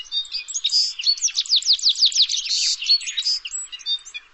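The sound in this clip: Bird song: a dense, rapid string of high sweeping notes and buzzy trills, delivered almost without a break.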